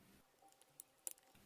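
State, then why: Seated. While reassembling a Shimano 7-speed rear brake/shift lever for a bicycle, an internal plastic or metal ratchet part is pressed by hand into the lever body. After a few faint ticks and a small snap near 0.8 s, a sharp click at 1.1 s marks the part snapping into place, and it is seated.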